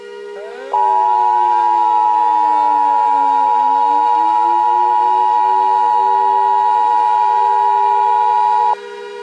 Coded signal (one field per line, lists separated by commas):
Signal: Emergency Alert System (SAME) tones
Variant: 853 and 960 Hz attention tone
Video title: ISS Impact: An EAS Mock